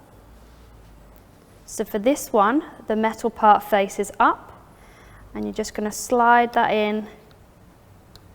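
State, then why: Seated. Someone talks while a solar panel's wire connector is slid, metal side up, into the socket labelled "solar" on a plastic solar light circuit board. A short, sharp click at 8.2 s marks the connector seating in the socket.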